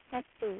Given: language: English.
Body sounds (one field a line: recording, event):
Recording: throat vibration sensor signal played as sound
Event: speech